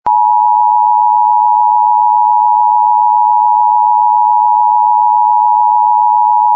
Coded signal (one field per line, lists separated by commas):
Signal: Emergency Alert System (SAME) tones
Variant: 853 and 960 Hz attention tone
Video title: Administrative message EAS #8￼￼